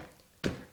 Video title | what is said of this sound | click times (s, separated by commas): Hoover Service Upright Globe Vacuum | stretch the belt all the way back until it clips over the edge of the motor | 0.4 s